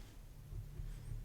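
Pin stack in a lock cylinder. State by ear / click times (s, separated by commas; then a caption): not seated / none. A pin stack in a lock cylinder is handled while the lock is being picked, with pin three lifted toward the shear line. Only a low, steady rumble and faint handling noise are heard, with no words. Nothing has seated or clicked yet.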